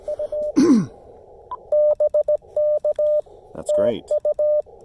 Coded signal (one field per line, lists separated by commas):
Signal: Morse code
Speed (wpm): 17 wpm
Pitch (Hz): 590 Hz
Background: speech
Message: U BK TU